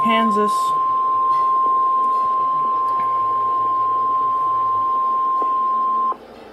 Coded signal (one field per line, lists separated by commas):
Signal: Emergency Alert System (SAME) tones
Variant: 1050 Hz attention tone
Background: speech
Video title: Real EAS #8 Severe Thunderstorm Warning (Live Stream)